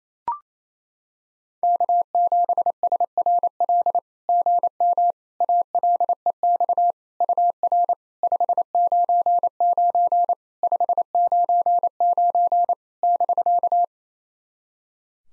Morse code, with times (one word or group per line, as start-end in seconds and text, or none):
1.6-4.0 K7SRL
4.3-5.1 GM
5.4-6.9 ALEX
7.2-7.9 UR
8.2-10.3 599
10.6-12.7 599
13.0-13.8 <BK>